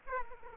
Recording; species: mosquito wingbeat signal from an infrared sensor; Aedes aegypti